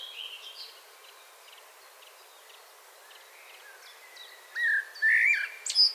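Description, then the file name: Common blackbird song: after faint high ticking, a loud fluted warble near the end, finishing with a sharp high squeak. "Turdus merula 181122"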